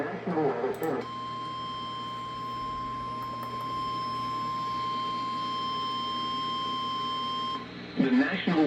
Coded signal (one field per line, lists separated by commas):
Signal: Emergency Alert System (SAME) tones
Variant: 1050 Hz attention tone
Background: speech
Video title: FM EAS Severe Thunderstorm Warning On WKML-FM And WFLB-FM EAS #4367 #4368